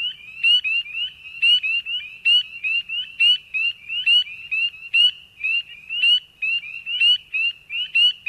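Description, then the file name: Frogs and toads: shrill, squeaky frog notes with abrupt sweeping chirps, repeated in pulsing bursts. "Frogs and Toads (Wild America)"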